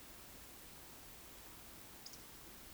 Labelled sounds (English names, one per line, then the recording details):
Eurasian Woodcock whistle
Eurasian Woodcock croak
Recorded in Baden-Württemberg, Germany, on 31 May 2021 at 20:15 UTC
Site 20675, 466 m above sea level